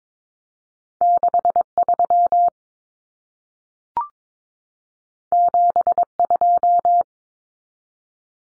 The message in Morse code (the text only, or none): 63 72